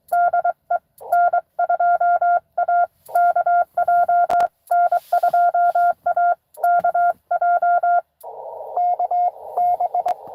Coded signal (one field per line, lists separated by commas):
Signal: Morse code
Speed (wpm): 22 wpm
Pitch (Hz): 700 Hz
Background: radio noise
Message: DE N2AKJ N2AKJ KB